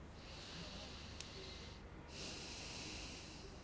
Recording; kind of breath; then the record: one breath in and out by a microphone near the nose and mouth; deep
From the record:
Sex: male